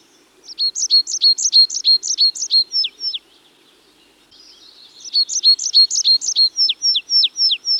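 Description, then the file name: Tree pipit song: two trilled phrases of quick repeated high notes, each changing note type partway, separated by a brief buzzy pause. "Tree Pipit (Anthus trivialis)"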